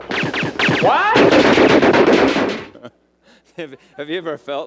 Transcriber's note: sounds of gunshots